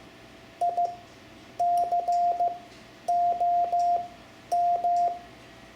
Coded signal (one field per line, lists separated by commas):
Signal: Morse code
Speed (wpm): 15 wpm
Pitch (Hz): 700 Hz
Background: none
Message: ICOM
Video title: Learning CW for Ham Radio (Lesson 7) Morse Code letters X-Z, Amateur Radio